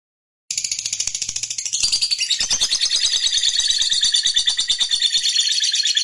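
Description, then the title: Lovebird song: after a brief silence, a sustained, rapid, high-pitched chattering trill with steady pulsing that runs unbroken for over five seconds. Fighter-type lovebird singing energetically (gacor). "SUARA Lovebird FIGHTER GACOR"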